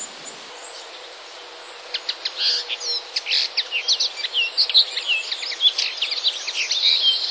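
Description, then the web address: Common linnet song: a fast, twittering run of varied high chirps and short trills, starting after two seconds and running continuously to the end over faint background hiss. "wroblowe kolekcja makolagwa"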